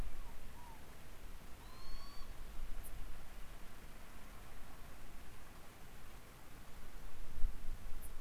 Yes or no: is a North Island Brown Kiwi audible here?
no